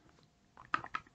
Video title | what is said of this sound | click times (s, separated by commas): Prepping - CC Tips for the New Carrier | when you put your gun in you'll hear it snap into place | 0.7 s